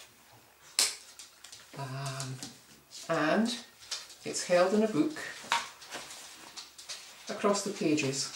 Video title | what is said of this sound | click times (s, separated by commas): Micro mini albums | you can if I hold it better you probably hear it click | 0.8 s